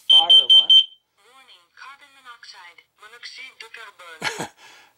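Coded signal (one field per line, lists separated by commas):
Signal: alarm pattern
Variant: talking smoke/CO alarm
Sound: four short shrill beeps under a voice, then a man talking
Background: speech, small room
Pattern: 4 short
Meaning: Alarm self-test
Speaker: it actually is a talking one I just told your ears here might be a little loud when I tested go into test mode here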